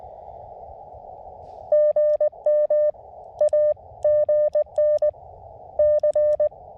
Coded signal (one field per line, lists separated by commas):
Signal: Morse code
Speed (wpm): 20 wpm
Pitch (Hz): 590 Hz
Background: none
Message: GM A GN C